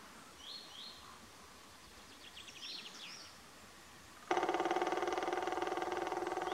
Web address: dzieciol czarny bebnienie